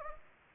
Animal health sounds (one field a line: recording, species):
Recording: mosquito wingbeat signal from an infrared sensor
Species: Anopheles gambiae